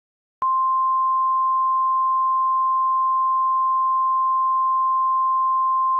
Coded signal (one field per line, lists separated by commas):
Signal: Emergency Alert System (SAME) tones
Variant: 853 and 960 Hz attention tone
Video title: EAS Classic: AT&T Tornado Warning EAS